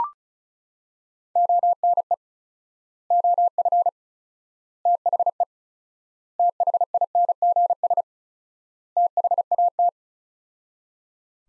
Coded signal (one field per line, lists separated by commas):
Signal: Morse code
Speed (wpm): 36 wpm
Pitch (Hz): 700 Hz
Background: none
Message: ONE OF THE THINGS THAT